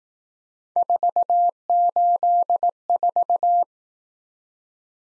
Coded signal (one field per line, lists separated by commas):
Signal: Morse code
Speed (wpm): 18 wpm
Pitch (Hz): 700 Hz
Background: none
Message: 484